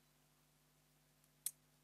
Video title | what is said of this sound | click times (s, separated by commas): [Lockpicking] C'est quoi le CROCHETAGE (+ présentation kit 30€) | à la bonne hauteur voilà donc on entend un petit clac on sent un petit | 1.5 s